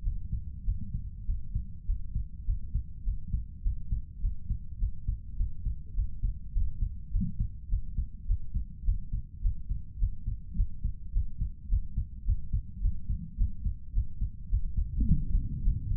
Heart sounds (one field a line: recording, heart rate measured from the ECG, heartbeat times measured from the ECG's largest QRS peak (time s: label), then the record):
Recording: heart sounds by stethoscope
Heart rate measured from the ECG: 104 bpm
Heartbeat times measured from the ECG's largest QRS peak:
0.01 s: heartbeat
0.63 s: heartbeat
1.24 s: heartbeat
1.84 s: heartbeat
2.43 s: heartbeat
3.02 s: heartbeat
3.61 s: heartbeat
4.19 s: heartbeat
4.77 s: heartbeat
5.35 s: heartbeat
5.93 s: heartbeat
6.51 s: heartbeat
7.09 s: heartbeat
7.67 s: heartbeat
8.25 s: heartbeat
8.83 s: heartbeat
9.40 s: heartbeat
9.97 s: heartbeat
10.54 s: heartbeat
11.11 s: heartbeat
11.67 s: heartbeat
12.23 s: heartbeat
12.80 s: heartbeat
13.36 s: heartbeat
13.92 s: heartbeat
14.48 s: heartbeat
15.04 s: heartbeat
15.61 s: heartbeat
From the record:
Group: healthy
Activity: Valsalva maneuver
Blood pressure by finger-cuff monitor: 115/82 mmHg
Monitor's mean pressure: 92 mmHg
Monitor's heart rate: 103 bpm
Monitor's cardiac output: 6.7 L/min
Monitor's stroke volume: 65 mL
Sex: female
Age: 32 years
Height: 172 cm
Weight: 71.7 kg